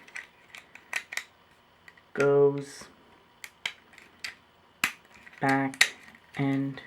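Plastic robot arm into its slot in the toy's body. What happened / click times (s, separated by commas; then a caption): Plastic part handled, not yet seated / none. A plastic toy robot arm is handled as it is folded back toward its slot in the toy's body during the robot's transformation, with sharp plastic clicks and taps throughout while someone talks. Nothing has seated or clicked into place yet.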